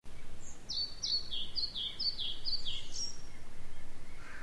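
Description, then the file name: European pied flycatcher singing one rapid phrase of sharp, high notes that swing between two pitches, ending on a slightly higher note, with low steady background noise. "svartvitflug"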